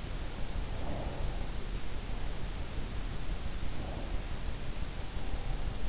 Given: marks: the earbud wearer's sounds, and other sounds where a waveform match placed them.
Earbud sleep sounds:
sounds in sleep by an in-ear microphone; breath
0.65-1.36 s: breath
3.72-4.17 s: breath

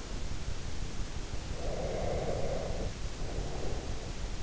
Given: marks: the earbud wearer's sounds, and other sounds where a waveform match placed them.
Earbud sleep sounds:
sounds in sleep by an in-ear microphone; breath
1.51-4.17 s: breath

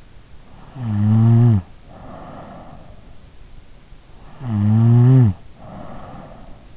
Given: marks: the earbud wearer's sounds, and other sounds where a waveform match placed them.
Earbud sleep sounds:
sounds in sleep by an in-ear microphone; snoring breath
0.22-3.31 s: snoring breath
4.05-6.69 s: snoring breath

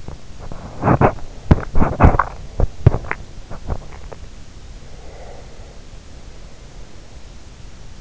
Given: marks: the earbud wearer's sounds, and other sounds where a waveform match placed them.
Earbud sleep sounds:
sounds in sleep by an in-ear microphone; teeth grinding, breath
0.00-4.29 s: teeth grinding
0.47-2.60 s: breath
5.06-7.14 s: breath

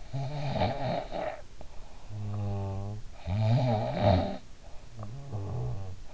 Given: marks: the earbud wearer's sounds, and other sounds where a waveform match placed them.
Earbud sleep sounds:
sounds in sleep by an in-ear microphone; snoring breath
0.17-2.93 s: snoring breath
3.19-6.02 s: snoring breath

